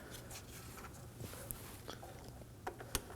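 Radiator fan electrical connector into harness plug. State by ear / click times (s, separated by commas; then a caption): seated / 2.9 s. The radiator fan electrical connector on a 2014-2020 Acura MDX is pushed onto its harness plug, with soft handling rustle and a few small ticks during the push. The connector seats with its strongest sharp click at the end of the push, at 3.0 seconds.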